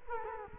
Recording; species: mosquito wingbeat signal from an infrared sensor; Culex quinquefasciatus